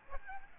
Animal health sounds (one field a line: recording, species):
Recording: mosquito wingbeat signal from an infrared sensor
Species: Aedes albopictus